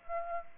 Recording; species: mosquito wingbeat signal from an infrared sensor; Aedes aegypti